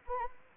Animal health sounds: mosquito wingbeat signal from an infrared sensor; Anopheles arabiensis

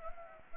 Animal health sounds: mosquito wingbeat signal from an infrared sensor; Anopheles gambiae

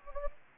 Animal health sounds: mosquito wingbeat signal from an infrared sensor; Anopheles gambiae

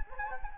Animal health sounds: mosquito wingbeat signal from an infrared sensor; Anopheles gambiae

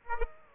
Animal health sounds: mosquito wingbeat signal from an infrared sensor; Aedes aegypti

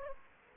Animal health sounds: mosquito wingbeat signal from an infrared sensor; Aedes aegypti

